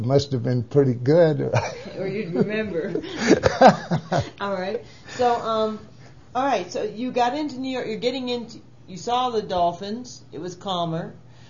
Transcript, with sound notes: Must've been pretty good (laughs) or..
Or you'd remember (laughs) Alright so, --um—alright so, you got into New York - your getting into Ne— you saw the dolphins it was calmer